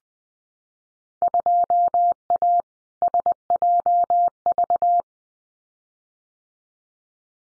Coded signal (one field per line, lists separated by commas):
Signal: Morse code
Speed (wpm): 20 wpm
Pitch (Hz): 700 Hz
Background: none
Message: 2A SJV